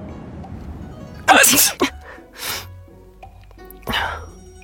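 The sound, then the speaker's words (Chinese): Two people sneeze together in one loud, sharp burst, followed by a few softer breathy noises and another sneeze-like burst near the end, over a low steady background rumble. “两人默契的一个喷嚏，赶紧脱了衣服跳水桶里浸着。”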